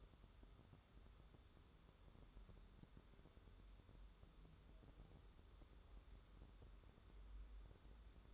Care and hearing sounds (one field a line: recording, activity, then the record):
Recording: daily activity, microphone in the room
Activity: wipe stove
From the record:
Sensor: 3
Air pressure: 1015.0 hPa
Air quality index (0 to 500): 49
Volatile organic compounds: 1 ppm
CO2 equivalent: 646 ppm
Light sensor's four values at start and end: 15/38/15/16 and 15/38/15/16